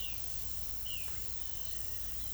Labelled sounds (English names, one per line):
none